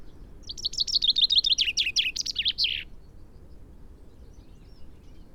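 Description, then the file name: Common chaffinch song: one brisk phrase of repeated high chirps descending in steps to a final flourish, followed by a couple of seconds of quiet. "Fringilla coelebs"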